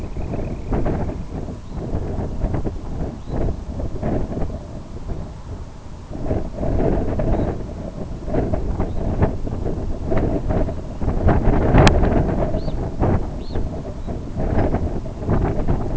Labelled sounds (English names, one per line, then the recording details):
Semipalmated Sandpiper
Red Phalarope
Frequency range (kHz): Semipalmated Sandpiper 1.7-3.0 kHz; Red Phalarope 2.1-5.7 kHz
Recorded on Arctic tundra, site IGLO-B, on 27 June 2018
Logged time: 05:59